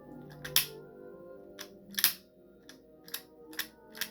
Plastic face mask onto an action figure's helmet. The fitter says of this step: mine doesn't snap into place i've never been able to get mine to fit